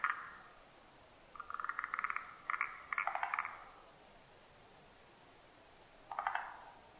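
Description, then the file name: Forest green tree frog giving stuttering, pulsed chuckles, several clustered bursts in the first half, a long quiet gap, then one more short rattling burst near the end. Recorded 12 July 2009. "moriaogaeru 20090712"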